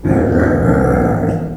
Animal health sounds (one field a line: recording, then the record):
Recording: squeal of a Yucatan mini pig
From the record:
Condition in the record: after surgery on the right vocal fold (resection and tissue-engineered implant)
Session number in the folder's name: 2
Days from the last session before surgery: 18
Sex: female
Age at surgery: 19 weeks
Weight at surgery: 25 kg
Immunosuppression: prednisolone